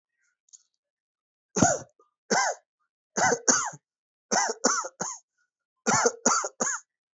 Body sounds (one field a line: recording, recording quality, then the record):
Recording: heavy voluntary cough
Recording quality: excellent, no background noise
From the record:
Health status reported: healthy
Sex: male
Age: 29 years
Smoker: yes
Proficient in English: yes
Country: India